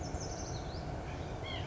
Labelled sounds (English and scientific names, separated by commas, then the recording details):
White-breasted Nuthatch (Sitta carolinensis)
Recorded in Sonoma County, California